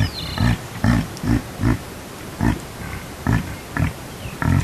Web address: reindeer